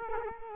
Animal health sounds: mosquito wingbeat signal from an infrared sensor; Culex quinquefasciatus

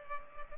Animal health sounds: mosquito wingbeat signal from an infrared sensor; Culex pipiens

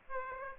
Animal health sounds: mosquito wingbeat signal from an infrared sensor; Aedes aegypti

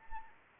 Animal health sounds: mosquito wingbeat signal from an infrared sensor; Anopheles arabiensis

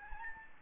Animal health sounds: mosquito wingbeat signal from an infrared sensor; Aedes albopictus

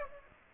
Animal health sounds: mosquito wingbeat signal from an infrared sensor; Aedes aegypti

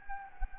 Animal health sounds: mosquito wingbeat signal from an infrared sensor; Anopheles gambiae

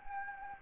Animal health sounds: mosquito wingbeat signal from an infrared sensor; Anopheles gambiae

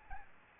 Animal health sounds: mosquito wingbeat signal from an infrared sensor; Aedes albopictus

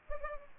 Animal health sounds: mosquito wingbeat signal from an infrared sensor; Culex pipiens

